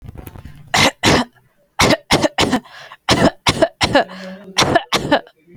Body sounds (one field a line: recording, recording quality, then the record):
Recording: shallow voluntary cough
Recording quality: excellent, no background noise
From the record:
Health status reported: healthy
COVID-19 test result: not tested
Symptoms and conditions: none ticked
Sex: female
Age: 20 years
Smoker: not ticked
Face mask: not worn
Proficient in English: yes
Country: India